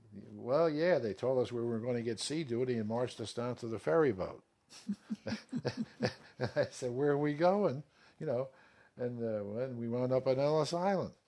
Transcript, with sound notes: Well yeah, they told us we were going to get sea duty and marched us down to the ferry boat. (Both laugh a little.) I said, "Where are we going?" you know, and we wound up on Ellis Island.